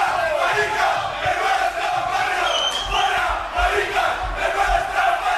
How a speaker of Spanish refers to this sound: Y la autorizaron, dicen fuentes de la delegación, porque era una protesta contra la Agenda 2030 y 2050 que se convirtió en una marcha con tintes fascistas y proclamas homófobas y racistas.